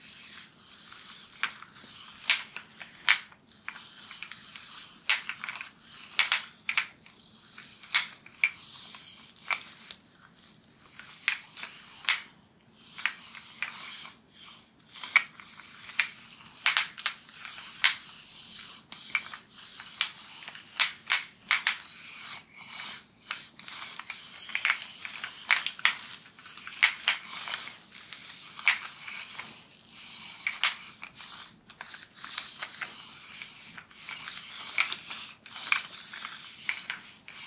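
Hair play and scratching: dense, irregular bursts of crisp bright rustles and scrapes throughout, over a faint steady low hum.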